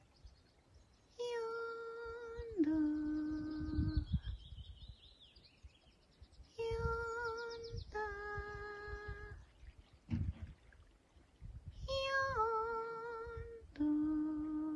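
Calls recorded in the bay of Camas Tuath on the Isle of Mull: three long, mewing wails at roughly five-second intervals, each holding a steady pitch, then stepping lower. Low rumbling lies beneath, with a faint high warble between the first calls.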